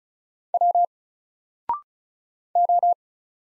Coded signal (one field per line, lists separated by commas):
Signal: Morse code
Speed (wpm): 36 wpm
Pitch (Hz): 700 Hz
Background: none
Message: W O